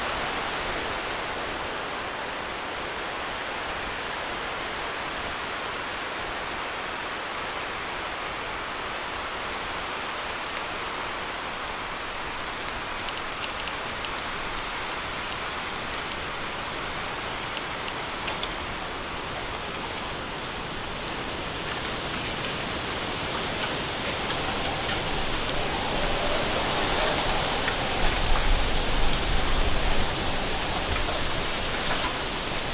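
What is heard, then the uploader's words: Strong wind rushes through a bamboo forest, a dense, steady hiss that fills the highs and mids. Faint ticks and rattles scatter through it. After about twenty seconds the gusts build, growing louder and brighter toward the end. Stronger Winds in a Bamboo Forest.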